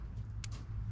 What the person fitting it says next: clicks right in.